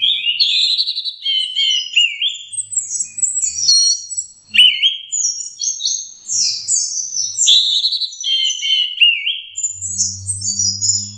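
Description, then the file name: Orange-headed thrush song, a fluent stream of rich whistled and trilled phrases, rising and falling, delivered without a break; a faint low hum near the end. Indonesian name anis merah; masteran, a training recording for teaching songs to birds. "suara masteran anis merah"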